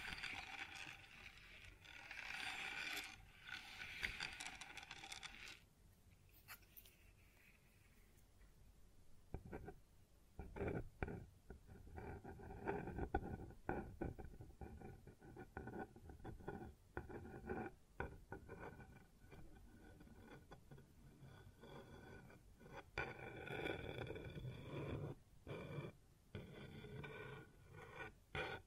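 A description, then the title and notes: Sounds on a wooden surface: scraping, rubbing and tapping that come in uneven bursts. The first five seconds hold a dense, bright scrape, then a quieter stretch, and from about ten seconds on there are clustered knocks and clicks with short pauses. ASMR Sounds on Wooden Surface (No Talking).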